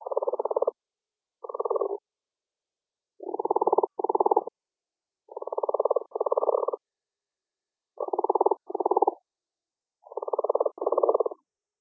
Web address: Lithobates brownorum